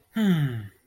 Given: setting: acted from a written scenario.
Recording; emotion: vocal sound without words; pride